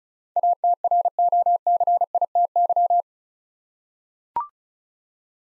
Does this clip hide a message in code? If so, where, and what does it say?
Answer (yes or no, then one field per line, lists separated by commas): yes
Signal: Morse code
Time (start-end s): 0.4-3.0 s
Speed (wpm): 34 wpm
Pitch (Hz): 700 Hz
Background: none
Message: ATROCITY